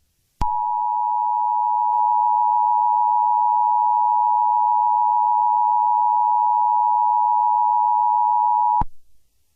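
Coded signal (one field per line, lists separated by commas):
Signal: Emergency Alert System (SAME) tones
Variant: 853 and 960 Hz attention tone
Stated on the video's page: Fake EAS alert for nuclear missiles.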